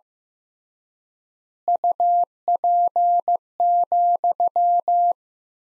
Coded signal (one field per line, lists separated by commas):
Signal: Morse code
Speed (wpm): 15 wpm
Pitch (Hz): 700 Hz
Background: none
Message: UP,